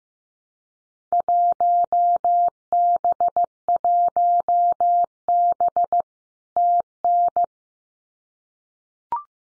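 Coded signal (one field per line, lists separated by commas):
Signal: Morse code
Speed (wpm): 15 wpm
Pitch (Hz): 700 Hz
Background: none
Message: 1B1B TN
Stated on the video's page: Head-copy drill of Field Day contest exchanges at 15 wpm, each sent in Morse, spoken, then sent again.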